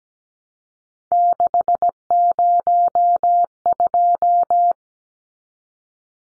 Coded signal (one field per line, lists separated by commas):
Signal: Morse code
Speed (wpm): 17 wpm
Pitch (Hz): 700 Hz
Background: none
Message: 602